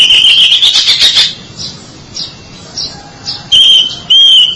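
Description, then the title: Oriental magpie-robin song: a rapid buzzy trill of high notes, then scattered faint chirps and two loud whistled phrases near the end. "Suara Kicauan Burung Kacer Durasi Panjang"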